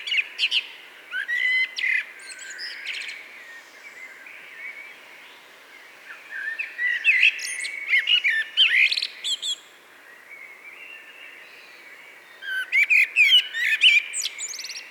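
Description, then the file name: Common blackbird song in three separate bursts of low fluted notes topped by scratchy high twittering, with a soft steady background hiss throughout. "Turdus merula"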